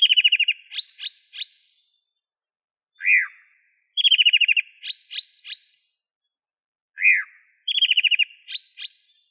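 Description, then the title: Bird singing a repeated phrase roughly every four seconds: a quick trill of even notes followed by sharp upswept chirps, with a falling whistled note between phrases. "LuckyPassaros CompletosSama"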